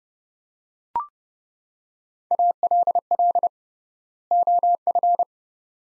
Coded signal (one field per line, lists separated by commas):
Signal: Morse code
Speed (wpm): 30 wpm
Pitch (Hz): 700 Hz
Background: none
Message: ALL OF